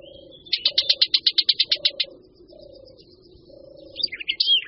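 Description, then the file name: Barred warbler giving a fast dry rattle of about a dozen clicks, then a brief scratchy warble, while a low cooing repeats steadily underneath. "Pěnice-vlašská"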